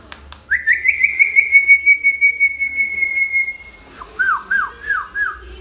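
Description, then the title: Hill myna whistling a long rippling note held at one pitch, followed by several short falling whistled slurs. Talkative ('gacor') hill myna song used as a tutor recording for training birds. "Suara Burung Beo Gacor Cocok Untuk Masteran"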